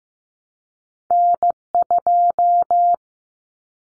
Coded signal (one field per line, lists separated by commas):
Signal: Morse code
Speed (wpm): 15 wpm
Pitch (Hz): 700 Hz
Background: none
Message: N2